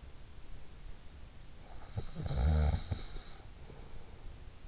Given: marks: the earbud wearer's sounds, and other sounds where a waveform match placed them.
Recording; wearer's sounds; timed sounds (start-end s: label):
sounds in sleep by an in-ear microphone; snoring breath
1.48-4.21 s: snoring breath